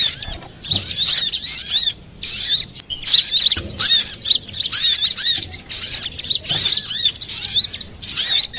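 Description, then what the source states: Little Spiderhunter: bright bursts of high chirps from a little spiderhunter, separated by clear short silences, each phrase a rapid cluster of looping notes. Master recording for training cage birds, labelled 'ontong labaik'.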